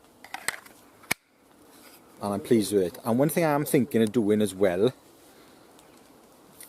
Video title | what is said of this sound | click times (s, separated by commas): MK1 Tribute knife, all the testing footage. | I got a really nice click on this | 1.1 s